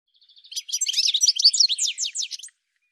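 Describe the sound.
Bird singing a quick jumbled phrase of high chirps and downslurred notes, starting with soft ticks and building into a dense two-second burst.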